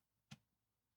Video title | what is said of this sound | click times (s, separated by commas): If He Can Build This Dream PC... He Keeps It! | Keep going. There you go. So that's a click. Yeah, that's good. | 0.3 s